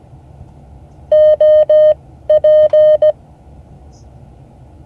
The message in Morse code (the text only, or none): OP